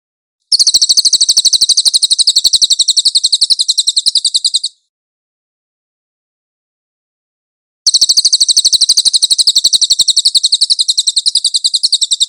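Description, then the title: Cililin giving a sustained, high, chattering trill for about four seconds, then about three seconds of silence, then another long burst of the same rapid trill. "SUARA BURUNG CILILIN"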